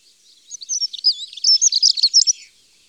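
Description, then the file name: Dunnock song, a brief fast jumble of thin high notes. "Accenteur mouchet"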